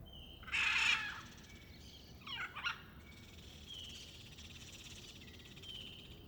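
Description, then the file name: Macaw letting out one loud, harsh squawk followed by a couple of softer raspy notes, with a steady cricket trill behind. Macaw with other birds at IFG Goiânia in the afternoon; reverberant setting with a constant cricket. "Arara e outros passaros no ifg goiania a tarde ambiente reverberante, grilo constante, transito bem longe"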